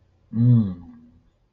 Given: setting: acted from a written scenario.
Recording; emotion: vocal sound without words; romantic love